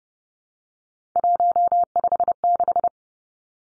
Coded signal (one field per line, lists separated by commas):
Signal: Morse code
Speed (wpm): 30 wpm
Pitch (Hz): 700 Hz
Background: none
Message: 156